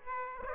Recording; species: mosquito wingbeat signal from an infrared sensor; Aedes aegypti